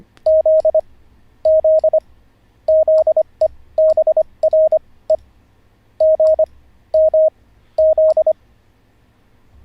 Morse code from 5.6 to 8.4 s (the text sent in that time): G M Z